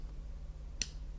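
An empty Phonak hearing aid receiver is pressed into slot two of a plastic wax-filter tool so a new wax filter seats on its tip. A sharp click at 0.8 s marks the filter seating, followed by two fainter ticks at 1.2 s and 1.3 s over a steady low hum.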